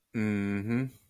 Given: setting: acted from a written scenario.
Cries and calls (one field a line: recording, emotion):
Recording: vocal sound without words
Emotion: romantic love